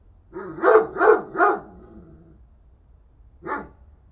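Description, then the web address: Dog gives three quick sharp barks with a trailing whine, then one more bark after a pause. "Effects 02-Birds, Insects Animals. Animals dogs"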